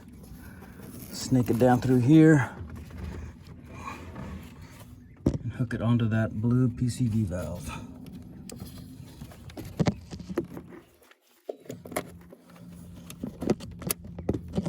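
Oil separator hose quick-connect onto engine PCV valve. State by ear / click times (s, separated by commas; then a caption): not seated / none. A J&L 3.0 oil separator's hose quick-connect is routed behind the throttle body and being fitted to the blue PCV valve on a 2017-2023 Ford F-250/F-350 6.2L. Someone talks while light handling knocks and scrapes are heard. Nothing has seated or clicked yet.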